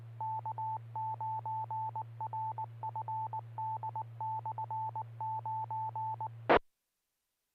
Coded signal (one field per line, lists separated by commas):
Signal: Morse code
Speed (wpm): 19 wpm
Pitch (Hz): 880 Hz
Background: none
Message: K9RFD/9E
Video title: Friday Night Fun Net | Amateur Radio Worldwide Live Stream Radio | KD9MED